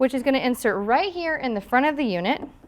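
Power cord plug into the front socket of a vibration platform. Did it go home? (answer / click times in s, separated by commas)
no / none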